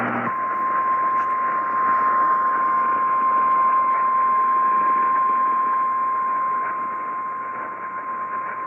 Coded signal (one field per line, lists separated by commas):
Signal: Emergency Alert System (SAME) tones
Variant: 1050 Hz attention tone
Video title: BILLY MAYS: BUT I'M NOT DONE YET!! EAS Alerts from 3/28/20 - 3/29/20 (EAS #3,839 - 3,850)